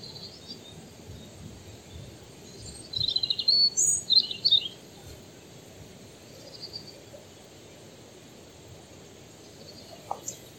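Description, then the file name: European robin with one short burst of high, jumbled, twittering notes in the middle, then mostly quiet background noise. "Erithacus rubecula"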